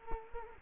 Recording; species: mosquito wingbeat signal from an infrared sensor; Culex quinquefasciatus